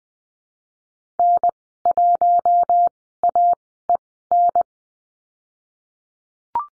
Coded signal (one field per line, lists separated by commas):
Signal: Morse code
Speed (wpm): 20 wpm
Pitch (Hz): 700 Hz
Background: none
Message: N1AEN